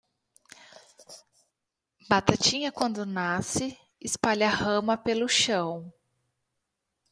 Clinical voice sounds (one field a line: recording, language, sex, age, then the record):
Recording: short text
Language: Brazilian Portuguese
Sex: female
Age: 30 to 39 years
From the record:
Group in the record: control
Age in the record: 37 years